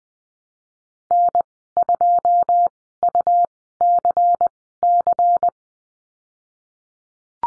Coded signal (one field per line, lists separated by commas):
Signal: Morse code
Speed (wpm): 20 wpm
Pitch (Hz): 700 Hz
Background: none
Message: N2UCC